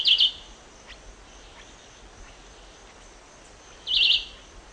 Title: LuckyPassaro Completos2Sama. Red-eyed Vireo (Vireo olivaceus)